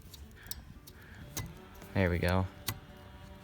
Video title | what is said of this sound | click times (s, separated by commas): LEARN how to install windshield wiper blades at a FRACTION of the cost | want to hear a click there we go all the way in place | 0.5 s